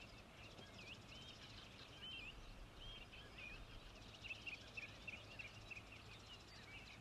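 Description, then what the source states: Bird calling with a quick series of short, high chirps and twitters, faint beneath a low rumbling background noise. Recorded 24 April 2019.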